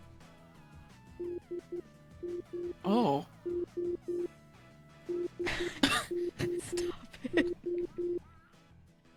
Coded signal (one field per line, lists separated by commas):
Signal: none